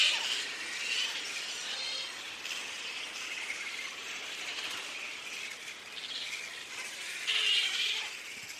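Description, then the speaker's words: Grey-headed flying foxes chattering, continuous high-pitched squabbling squeals from many animals, swelling briefly near the end. Many grey-headed flying foxes, a colony of about 15,000, at twilight in a regional park on Bidjigal Country, Sydney, Australia, getting ready to leave. "And this is the sound of many grey-headed flying foxes."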